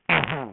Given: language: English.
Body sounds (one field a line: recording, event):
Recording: throat vibration sensor signal played as sound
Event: throat clearing